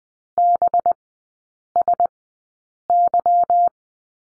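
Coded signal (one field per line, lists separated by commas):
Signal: Morse code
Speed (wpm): 20 wpm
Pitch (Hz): 700 Hz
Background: none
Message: BSY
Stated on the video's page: Morse code course lesson on the letter B in three-character groups, Farnsworth speed 20/10 wpm.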